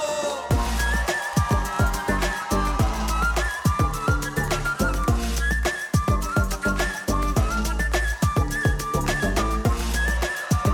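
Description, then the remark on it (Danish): A man plays a breathy, whistle-like nose flute in a bouncy, repeating melody over a loud, driving pop band with heavy bass and steady drums. “Og så kommer der også noget, der kommer noget meget, meget skønt næsefløjte.”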